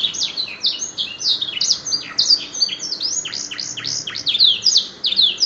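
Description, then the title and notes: Canary singing a fast, unbroken run of high twittering notes and downward-sweeping whistles, lively and tightly packed. Canary master song (masteran kicau kenari), used as a lure to train and stimulate cage birds. "PANCINGAN SUARA MASTERAN KENARI. masteran kicau kenari"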